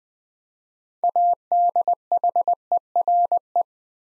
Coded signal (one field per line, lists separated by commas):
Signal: Morse code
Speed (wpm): 20 wpm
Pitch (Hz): 700 Hz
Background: none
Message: ADHERE